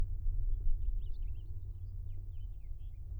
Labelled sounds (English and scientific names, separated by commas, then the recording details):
House Finch (Haemorhous mexicanus) song
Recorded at Babylon on Long Island, New York, on 22 May 1975
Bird C